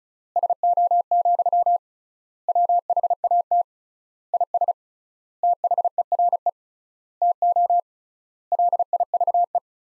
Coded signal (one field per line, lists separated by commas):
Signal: Morse code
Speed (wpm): 36 wpm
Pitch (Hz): 700 Hz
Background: none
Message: SO, WHAT IS THERE TO LIVE